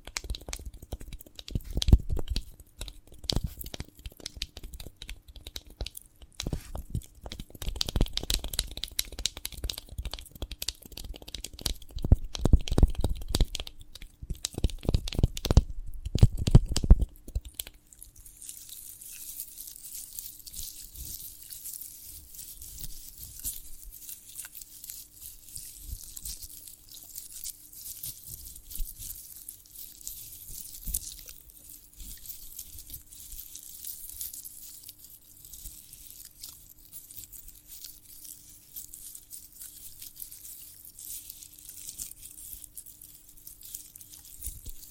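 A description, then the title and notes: A sprouted coconut is handled and broken into, with dense crunching, tearing and crackling for the first seventeen seconds or so, loud and full down to the lows. After that the sound thins to soft, bright scratching and rustling that continues steadily to the end. ASMR of a Sprouted Coconut (No Talking).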